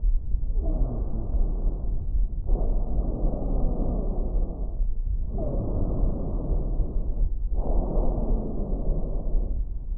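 Four long, low breath sounds from an adult chest come in a steady rhythm, about two full breaths in ten seconds, with faint musical whistling tones running through them. This is wheezing, a continuous musical sound from air forced through narrowed airways.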